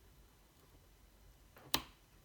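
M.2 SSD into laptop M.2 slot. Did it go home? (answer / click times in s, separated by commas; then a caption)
yes / 1.7 s. An M.2 SSD is slid back into the M.2 slot of a Dell XPS 15 (9550 or 9560) laptop and pressed down. After a soft scrape around 1.6 s, a sharp click at 1.7 s confirms the drive is seated. No one talks.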